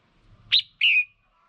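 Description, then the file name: Red-whiskered bulbul call: a sharp upslurred note followed by a longer level whistled note. Female bird. "Tieng chao mao mai"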